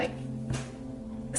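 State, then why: Not seated. Two plastic body halves of a Final Boss Grade Cortex Mirai Smart Doll are pressed together at the seam, producing faint rubbing and handling noise over a low steady hum, with brief soft bursts around 0.5 s and 1.4 s. Nothing has snapped or clicked into place yet, and a gap remains at the seam.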